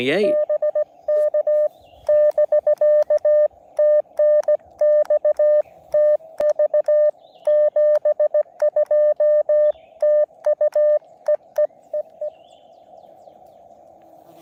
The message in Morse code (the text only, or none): BK <BK> TNX TV 72 TU EEEE